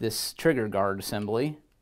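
Someone talks while an unloaded Glock pistol is handled toward the polymer trigger guard assembly of a Raven Concealment VanGuard II trigger guard holster. Only speech is heard; the pistol has not yet been pushed home, and nothing has seated or clicked.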